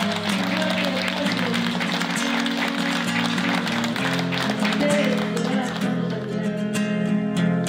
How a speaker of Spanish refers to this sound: No, pues el aplauso es para ustedes. Yo quiero que se den un fuerte aplauso, cheranenses. Fuerte para ustedes, por favor.